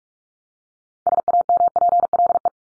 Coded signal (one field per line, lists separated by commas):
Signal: Morse code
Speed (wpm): 44 wpm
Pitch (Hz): 700 Hz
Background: none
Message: SAMPLE